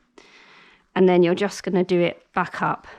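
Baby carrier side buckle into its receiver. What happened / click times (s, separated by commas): Strap handled, buckle not yet clicked in / none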